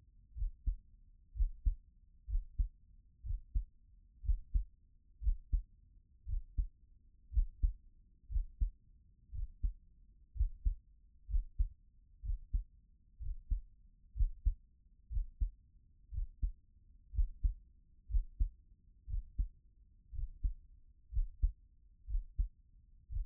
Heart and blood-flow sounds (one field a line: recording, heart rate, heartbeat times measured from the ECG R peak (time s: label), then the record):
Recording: heart sounds by stethoscope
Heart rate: 60 bpm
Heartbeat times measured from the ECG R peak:
0.33 s: heartbeat
1.32 s: heartbeat
2.25 s: heartbeat
3.21 s: heartbeat
4.21 s: heartbeat
5.19 s: heartbeat
6.24 s: heartbeat
7.29 s: heartbeat
8.27 s: heartbeat
9.30 s: heartbeat
10.32 s: heartbeat
11.26 s: heartbeat
12.20 s: heartbeat
13.18 s: heartbeat
14.13 s: heartbeat
15.08 s: heartbeat
16.09 s: heartbeat
17.10 s: heartbeat
18.07 s: heartbeat
19.05 s: heartbeat
20.10 s: heartbeat
21.09 s: heartbeat
22.05 s: heartbeat
23.07 s: heartbeat
From the record:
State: at rest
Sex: male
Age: 28 years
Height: 182 cm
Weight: 70 kg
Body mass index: 21.13